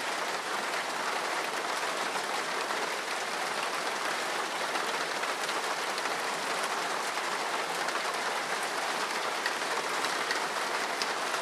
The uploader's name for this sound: Rain on Roof Music